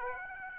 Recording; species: mosquito wingbeat signal from an infrared sensor; Aedes aegypti